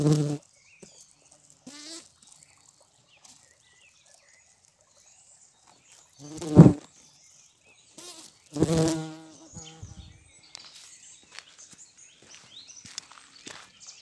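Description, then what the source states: Bumblebee buzzing in brief low droning passes, loudest around the middle and late, separated by quiet gaps. In flight.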